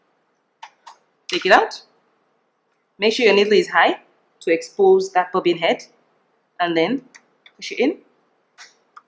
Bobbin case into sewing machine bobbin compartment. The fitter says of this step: and you hear it click, and you are done with that.